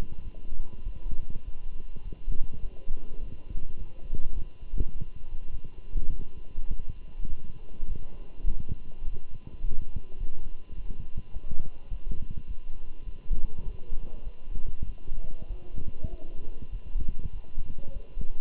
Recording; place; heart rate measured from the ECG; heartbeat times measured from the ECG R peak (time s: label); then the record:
heart sounds by stethoscope; between the tricuspid and mitral areas; 102 bpm
0.24 s: heartbeat
0.85 s: heartbeat
1.45 s: heartbeat
2.04 s: heartbeat
2.62 s: heartbeat
3.20 s: heartbeat
3.78 s: heartbeat
4.35 s: heartbeat
4.93 s: heartbeat
5.51 s: heartbeat
6.10 s: heartbeat
6.69 s: heartbeat
7.28 s: heartbeat
7.87 s: heartbeat
8.46 s: heartbeat
9.04 s: heartbeat
9.62 s: heartbeat
10.19 s: heartbeat
10.76 s: heartbeat
11.33 s: heartbeat
11.90 s: heartbeat
12.47 s: heartbeat
13.05 s: heartbeat
13.65 s: heartbeat
14.24 s: heartbeat
14.86 s: heartbeat
15.49 s: heartbeat
16.10 s: heartbeat
16.72 s: heartbeat
17.32 s: heartbeat
17.93 s: heartbeat
From the record:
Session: walking at 3.7 km/h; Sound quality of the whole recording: good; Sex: male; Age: 24 years